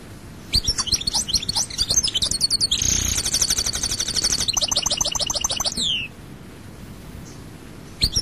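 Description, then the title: European goldfinch song: a continuous stream of high tinkling twitters and trills lasting several seconds, ending in a downslurred note before a brief pause. "Chant Chardonneret"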